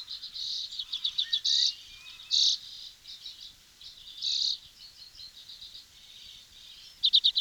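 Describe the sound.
Bird song of high, rapid chirps and short trills, some bursts louder than others, with a few faint lower sweeping notes between phrases.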